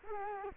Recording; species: mosquito wingbeat signal from an infrared sensor; Culex quinquefasciatus